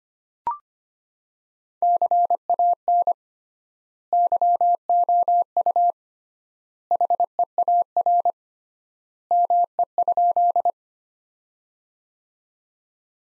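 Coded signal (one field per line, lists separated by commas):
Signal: Morse code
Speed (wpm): 25 wpm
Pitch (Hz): 700 Hz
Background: none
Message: CAN YOU HEAR ME?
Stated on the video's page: Morse practice sentences from top 300 words at 25 wpm with 3x standard word spacing, a word-level analogue of Farnsworth spacing.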